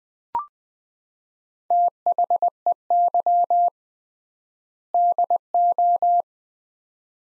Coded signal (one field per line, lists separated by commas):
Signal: Morse code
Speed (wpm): 20 wpm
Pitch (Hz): 700 Hz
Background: none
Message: THEY DO